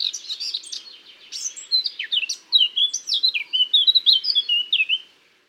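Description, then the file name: Eurasian blackcap song: a lively chattering warble that runs into a clear run of sliding whistled notes, then ends. "Sylvia atricapilla"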